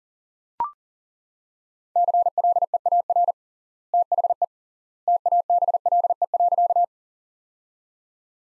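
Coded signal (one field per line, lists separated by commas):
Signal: Morse code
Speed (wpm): 40 wpm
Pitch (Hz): 700 Hz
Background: none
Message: CLEAR THE TABLE.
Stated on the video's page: Morse practice sentences from top 500 words at 40 wpm, with 3x standard word spacing, a Farnsworth-like method.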